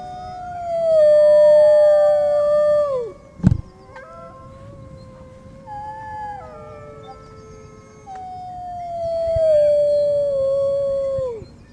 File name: wolf